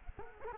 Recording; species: mosquito wingbeat signal from an infrared sensor; Culex quinquefasciatus